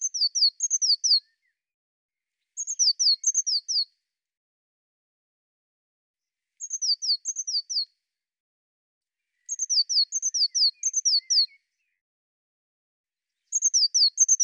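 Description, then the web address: Bird chirping in five separated bursts of high, sharply falling notes, with quiet gaps between. "cianscape birddata Deverinetal 2025 File cleaned normalized Bird Cy Ca"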